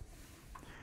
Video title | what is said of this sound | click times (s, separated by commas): Samsung Galaxy TabPro S Unboxing (4K) | keyboard snaps right into the keyboard case like that and there it is | 0.6 s